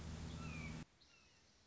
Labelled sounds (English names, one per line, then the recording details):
Red-shouldered Hawk
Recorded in Sonoma County, California